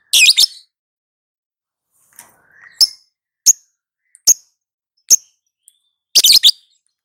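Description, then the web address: Lovebird calls: shrill, high chirps, with a dense chattering burst at the start and end and single sharp notes spaced between them. Female lovebird. "love-bird suara-lovebird-betina"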